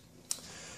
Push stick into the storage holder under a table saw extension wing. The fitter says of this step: right-hand extension is the easy storage for your push stick and that locks into place underneath